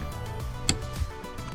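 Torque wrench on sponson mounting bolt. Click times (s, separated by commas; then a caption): 0.7 s. A click-type torque wrench tightens a sponson backing-plate bolt on a jet ski hull to 13 ft-lb, with a steady low background under the work. A sharp, bright click rings out at 0.7 s as the wrench reaches its setting, confirming the bolt is torqued.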